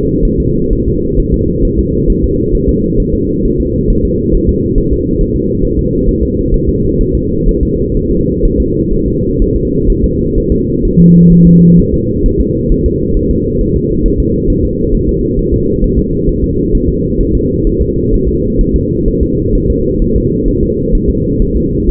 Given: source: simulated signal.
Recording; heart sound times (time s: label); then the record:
fetal heart sounds
0.25 s: S1
0.40 s: S2
0.73 s: S1
0.88 s: S2
1.20 s: S1
1.34 s: S2
1.65 s: S1
1.79 s: S2
2.10 s: S1
2.24 s: S2
2.55 s: S1
2.69 s: S2
3.00 s: S1
3.14 s: S2
3.45 s: S1
3.60 s: S2
3.90 s: S1
4.05 s: S2
4.35 s: S1
4.49 s: S2
4.78 s: S1
4.93 s: S2
5.21 s: S1
5.36 s: S2
5.64 s: S1
5.79 s: S2
6.09 s: S1
6.23 s: S2
6.54 s: S1
6.69 s: S2
7.01 s: S1
7.15 s: S2
7.49 s: S1
7.63 s: S2
7.97 s: S1
8.11 s: S2
8.45 s: S1
8.60 s: S2
8.94 s: S1
9.08 s: S2
9.42 s: S1
9.56 s: S2
9.90 s: S1
10.04 s: S2
10.38 s: S1
10.52 s: S2
10.85 s: S1
11.00 s: S2
11.32 s: S1
11.47 s: S2
11.79 s: S1
11.94 s: S2
12.26 s: S1
12.40 s: S2
12.72 s: S1
12.86 s: S2
13.17 s: S1
13.31 s: S2
13.61 s: S1
13.76 s: S2
14.06 s: S1
14.20 s: S2
14.50 s: S1
14.64 s: S2
14.94 s: S1
15.09 s: S2
15.39 s: S1
15.54 s: S2
15.84 s: S1
15.99 s: S2
16.29 s: S1
16.44 s: S2
16.75 s: S1
16.89 s: S2
17.21 s: S1
17.35 s: S2
17.67 s: S1
17.82 s: S2
18.14 s: S1
18.28 s: S2
18.61 s: S1
18.76 s: S2
19.08 s: S1
19.23 s: S2
19.55 s: S1
19.70 s: S2
20.02 s: S1
20.16 s: S2
20.48 s: S1
20.63 s: S2
20.95 s: S1
21.10 s: S2
21.42 s: S1
21.57 s: S2
21.89 s: S1
From the record:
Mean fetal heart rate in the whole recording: 130 bpm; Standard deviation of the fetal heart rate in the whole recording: 4 bpm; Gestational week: 38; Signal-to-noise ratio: -10.2 dB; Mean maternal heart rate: 72 bpm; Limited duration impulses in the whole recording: present